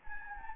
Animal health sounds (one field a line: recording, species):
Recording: mosquito wingbeat signal from an infrared sensor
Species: Anopheles gambiae